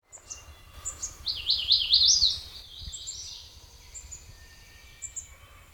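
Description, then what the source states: Magnolia warbler song: one brief, sweet, slurred warbling phrase of rising and falling notes, with thin high chips before and after. Recorded 9 June 2002; three songs.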